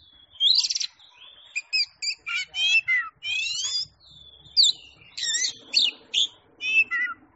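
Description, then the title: Oriental magpie-robin song of clear whistles, rising slurs and fast rattling trills in quick succession. Champion songbird singing. "Kicau Burung Kacer Juara"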